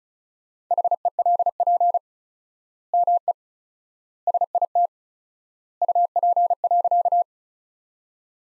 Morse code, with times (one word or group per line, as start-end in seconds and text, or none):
0.7-2.0 HELP
2.9-3.3 ME
4.3-4.9 SIT
5.8-7.2 UP.